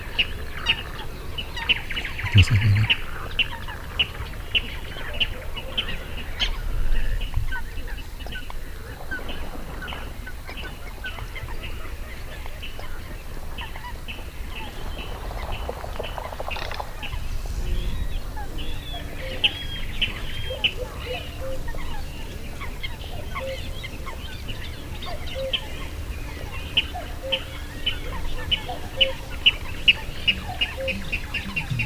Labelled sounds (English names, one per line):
Water Rail